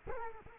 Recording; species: mosquito wingbeat signal from an infrared sensor; Culex quinquefasciatus